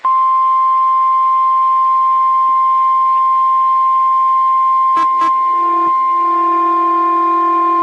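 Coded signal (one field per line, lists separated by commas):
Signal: Emergency Alert System (SAME) tones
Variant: 1050 Hz attention tone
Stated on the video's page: Required Weekly Test from a weather radio station.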